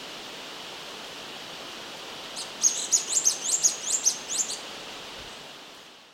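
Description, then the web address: Orange-crested flycatcher calling in a quick series of about eight thin, very high notes over two seconds, then silence, over a steady soft hiss. Ecuador. "Birds of Ecuador Orange-crested Flycatcher"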